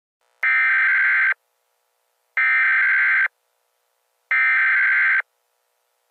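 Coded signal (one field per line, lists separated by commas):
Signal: Emergency Alert System (SAME) tones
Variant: header bursts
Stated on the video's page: Fictional Emergency Alert System scenario featuring legendary and unique attacks.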